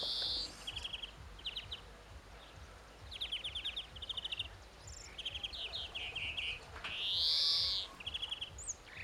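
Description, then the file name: European greenfinch: short bursts of rapid, even trilled notes repeated throughout, then one long, drawn-out nasal wheeze that rises and falls, followed by further trills. "Chloris chloris"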